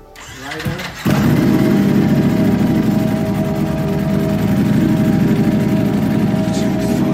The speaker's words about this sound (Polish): Powiem Państwu po krótkiej przerwie, ponieważ już tu słyszę, że ktoś grzeje motocykl.